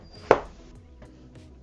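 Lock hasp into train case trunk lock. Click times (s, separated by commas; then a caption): 0.3 s. The brass lock hasp of a vintage hard-wood Louis Vuitton train case is pushed into its lock, and a sharp, loud click sounds at 0.3 s as the trunk lock latches shut. Only two faint, soft sounds follow, near 1.0 s and 1.4 s, against a low steady background, and the lock is now closed.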